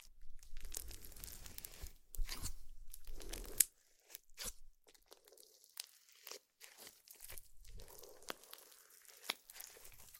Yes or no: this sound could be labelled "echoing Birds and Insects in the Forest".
no